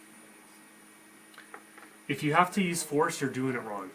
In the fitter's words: then you push on it with your opposite finger roll it and it pops right out